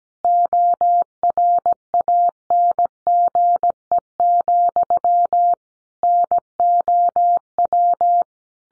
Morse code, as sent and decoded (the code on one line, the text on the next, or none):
--- .-. .- -. --. . --..-- / -. --- .--
ORANGE, NOW